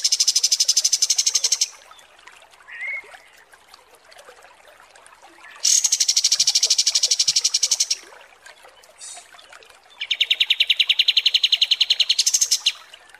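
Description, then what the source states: Kapas tembak: small bird song: three separate rapid trills of repeated high notes with pauses between, the last one lower and coarser, plus a brief faint chirp. Masteran (song tutor) for training songbirds, kapas tembak song.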